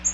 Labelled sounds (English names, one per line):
Bay-breasted Warbler flight call